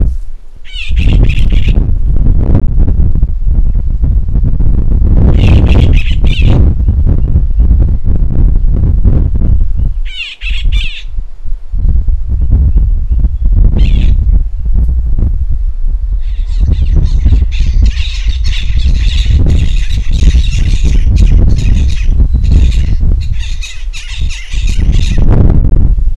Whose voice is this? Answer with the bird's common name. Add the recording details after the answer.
Black-lored Babbler. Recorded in northern Uganda